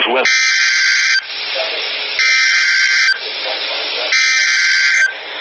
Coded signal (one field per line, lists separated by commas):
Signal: Emergency Alert System (SAME) tones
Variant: header bursts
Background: speech